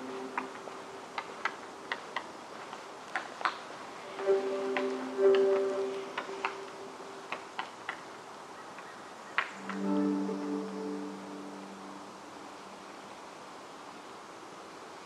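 Upper Macleay section of Forest Park, Portland, Oregon, with a steady soft hiss underneath. Sharp, irregular clicks and taps come through the first nine seconds, and two low, layered droning tones sound at about four to six seconds and again from nine to twelve.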